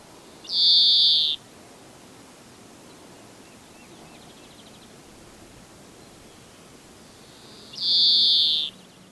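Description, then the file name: European greenfinch uttering two drawn-out wheezy notes roughly seven seconds apart, with faint sounds between them. "Chloris chloris"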